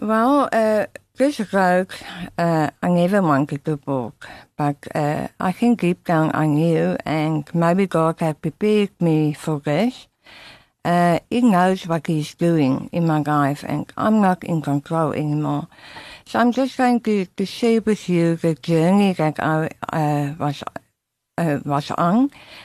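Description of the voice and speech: Adult woman speaking after glossectomy: her tongue was removed for tongue cancer and reconstructed with a radial forearm free flap, followed by speech therapy. The illness began about 20 years earlier. Her voice is clear and fluent, but her consonants are imprecise and distorted.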